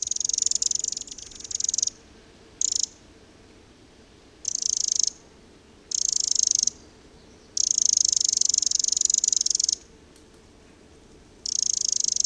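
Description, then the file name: Eurasian wren call: dry, high buzzy rattles in bursts of varying length, from brief blips to runs of about two seconds, separated by short pauses. "Eurasian Wren (Troglodytes troglodytes)"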